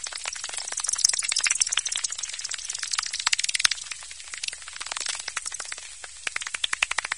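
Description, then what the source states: Bat echolocation as a rapid crackling stream of ticks that thins out midway, then returns as spaced, louder pops toward the end. Bat detector.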